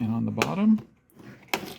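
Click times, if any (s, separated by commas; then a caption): 1.5 s. Someone talks as the plastic cover over the traction battery air filter on a 2017 Prius Prime is tucked behind the gasket and pressed into the interior trim panel until its clips catch at the top and bottom. After the talking, a sharp click is heard at 1.5 s. The filter cover clips snap into place and the cover is seated.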